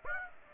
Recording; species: mosquito wingbeat signal from an infrared sensor; Aedes aegypti